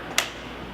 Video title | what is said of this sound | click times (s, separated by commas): VIDEO 7: Baby Jogger Summit X3 Jogging Stroller | clip it into place and then | 0.2 s